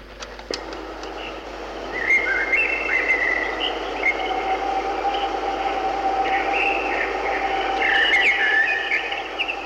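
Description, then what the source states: Blackbird song, a few short fluty warbled phrases over a steady background tone. Recorded from a front bedroom window, with a steam train crossing 13 arches in the background.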